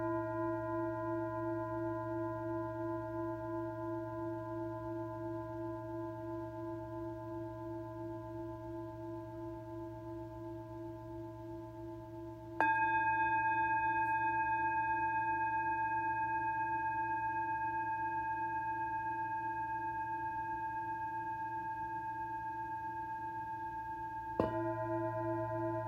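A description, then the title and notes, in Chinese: A singing bowl is struck at the start, then again near 13 and 24 seconds, each ring sustaining steady, layered tones that slowly fade. 頌缽音樂。聽見頌缽一聲聲敲響，。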